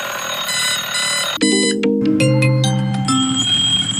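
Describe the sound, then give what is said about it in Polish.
An electronic alarm clock rings with a bright, melodic tone pattern, shifting to a new, busier set of beeping notes midway and again near the end, loud and steady throughout. “A przecież sen to czas, kiedy cały organizm odpoczywa, wszystkie organy z mózgiem włącznie regenerują się, a tu budzik spać nie daje.”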